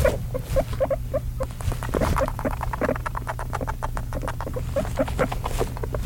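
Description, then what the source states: Guinea pig squeaks, short and mid-pitched, come in small clusters over steady pattering and rustling movement and a low hum. Guinea pig in a cage, with cage ambience and movement noises alongside its squeaks.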